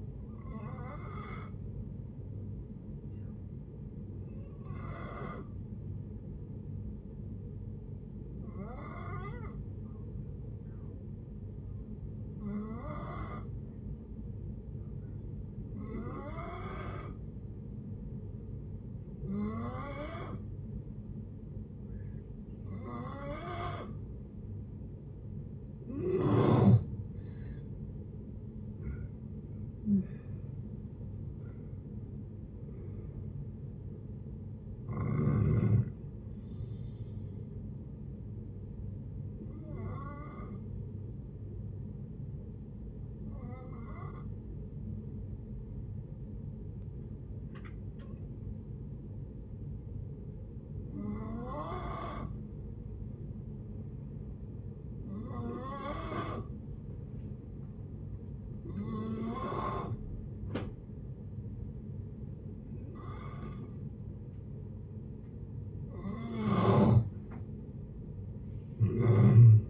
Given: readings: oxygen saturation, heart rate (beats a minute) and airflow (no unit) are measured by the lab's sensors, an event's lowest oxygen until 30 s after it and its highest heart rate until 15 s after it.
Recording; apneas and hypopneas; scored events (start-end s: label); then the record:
breathing in sleep by a smartphone at the bedside; 2
3.00-28.60 s: hypopnea (N2, oxygen 95% highest, then 87% lowest, heart rate 71 at the start, 78 highest)
38.00-64.90 s: hypopnea (N2, oxygen 96% highest, then 87% lowest, heart rate 71 at the start, 71 highest)
61.00-69.70 s: new sleep stage, N1 (lightest sleep)
From the record:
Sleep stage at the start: N2 (light sleep); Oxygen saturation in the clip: 87 to 96%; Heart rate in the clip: 55 to 79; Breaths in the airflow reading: 18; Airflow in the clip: -10.3 to 10.3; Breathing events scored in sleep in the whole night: 496 in 5.4 hours asleep